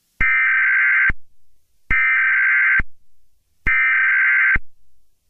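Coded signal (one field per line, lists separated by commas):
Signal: Emergency Alert System (SAME) tones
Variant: header bursts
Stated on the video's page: Fictional EAS scenario using valid EAS tones.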